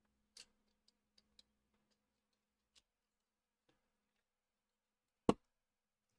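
A plastic model kit part is pressed into the kit assembly, with a few faint ticks and small clicks early on. At 5.3 s it gives one loud, sharp click as it seats into place.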